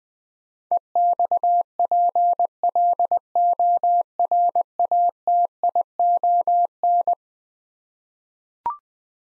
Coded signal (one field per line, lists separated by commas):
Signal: Morse code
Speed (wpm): 20 wpm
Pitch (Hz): 700 Hz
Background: none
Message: EXPLORATION